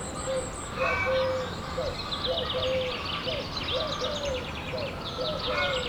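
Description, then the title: Chickens giving short repeated clucks amid busy flock chatter over a constant background hiss. Henhouse of the Abbaye Sainte-Marie du Désert abbey, Bellegarde-Sainte-Marie, France; recorded with a Zoom H6 using an MS microphone. "Bellegarde-Sainte-Marie, France - the henhouse of the abbey. abbaye sainte marie du désert le poulailler"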